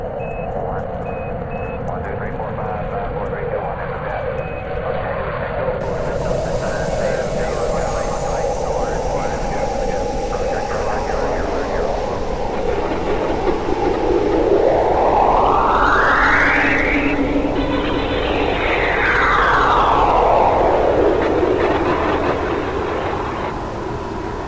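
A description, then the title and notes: A space flight launch sequence with a dense, steady low rumble throughout and faint chatter-like sounds early on. Near 14 seconds a whining tone climbs steeply in pitch, then around 18 seconds it slides back down as the roar swells and slowly eases. The episode starts with a pre-launch check, liftoff, the melody of space flight.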